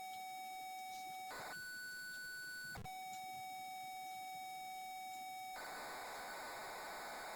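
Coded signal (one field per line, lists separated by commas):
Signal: computer data on cassette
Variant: Amstrad CPC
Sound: steady buzzy lead tone, brief pitch change, then harsh hissing data screech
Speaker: Hopefully we'll hear some tape loading noises shortly. Just for nostalgia's sakes. There it goes.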